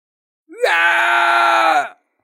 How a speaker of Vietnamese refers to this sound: Mã Nguyên gào thét, mặt mày tái nhợt mà vặn vẹo, một nửa là tức giận, một nửa là vì đau nhức